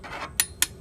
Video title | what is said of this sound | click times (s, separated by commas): Jeep Patriot - Spark Plug Replacement (2.4L Engine) | just want to tighten it until you hear the two clicks like | 0.4 s, 0.6 s